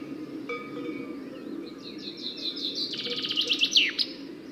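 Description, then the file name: Common chaffinch song: a faint thin series, then a brighter trill of high notes ending in a quick descending flourish. "Fringilla coelebs"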